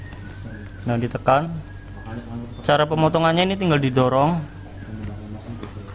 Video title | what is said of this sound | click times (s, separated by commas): Fusion Splicer Ohm meter AKATEL 01 | didorong nih KK setelah bunyi klik | 5.6 s